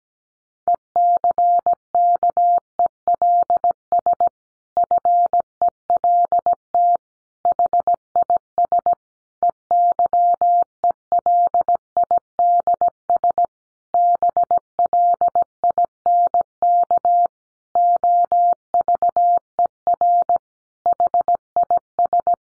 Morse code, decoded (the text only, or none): ECKELS FELT HIS EYELIDS BLINK OVER HIS